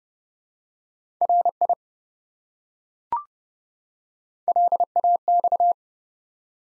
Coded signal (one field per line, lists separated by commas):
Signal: Morse code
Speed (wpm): 30 wpm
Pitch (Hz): 700 Hz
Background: none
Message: RI LAX